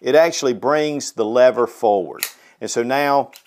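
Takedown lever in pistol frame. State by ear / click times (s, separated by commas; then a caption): not seated / none. Someone talks while handling the metal takedown lever in the frame of a Beretta Model 80X Cheetah pistol, pushing the barrel so the lever comes forward. The lever is not yet home; nothing has seated or clicked yet. It will only rotate into its engaged position once the barrel is seated correctly.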